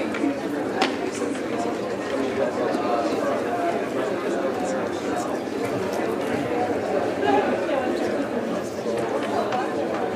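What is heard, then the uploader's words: A calm crowd murmurs steadily, many overlapping voices blending into a dense, even chatter with no single speaker standing out. The level holds constant throughout, with brief clinks and louder snippets surfacing now and then. Calm Crowd Chatter Ambience.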